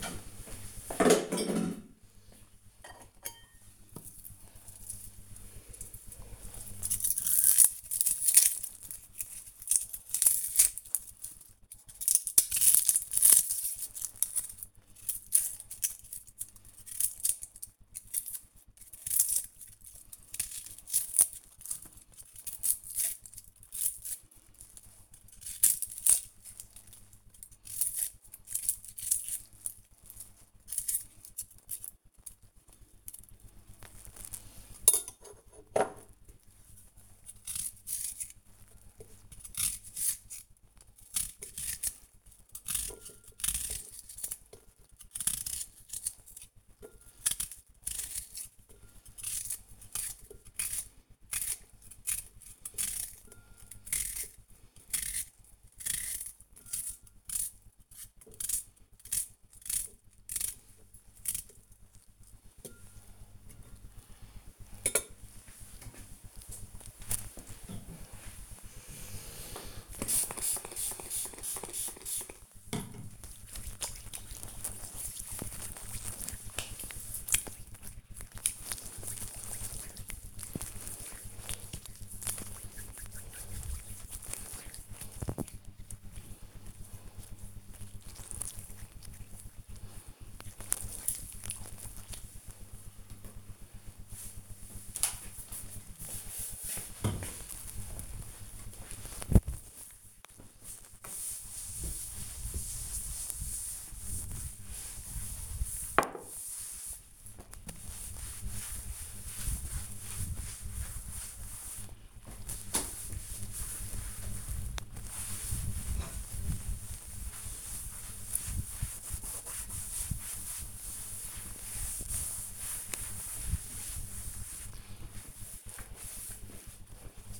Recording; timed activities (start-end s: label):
household activities, microphone on the right wrist
2.69-62.91 s: cutting vegetables
68.95-92.06 s: disinfecting hands
98.09-127.40 s: cleaning table